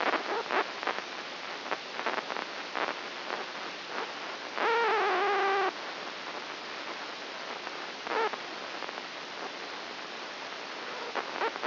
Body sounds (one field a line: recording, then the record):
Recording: brain microelectrode recording played as sound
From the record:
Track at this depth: inside the subthalamic nucleus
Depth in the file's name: 3.602 mm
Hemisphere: right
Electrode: 2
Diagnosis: Parkinson's disease